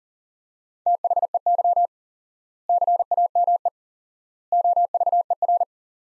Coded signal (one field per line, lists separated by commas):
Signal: Morse code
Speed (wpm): 37 wpm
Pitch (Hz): 700 Hz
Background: none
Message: THEY CAME OVER